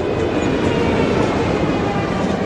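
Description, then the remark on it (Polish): A train rumbles steadily through a railway station under construction with a dense, continuous roar of wheels on rails, a faint clatter running through it and a thin high whine above, loud and unbroken throughout. “Budowy, po której choć w ograniczonym zakresie, ale wciąż jeżdżą pociągi.”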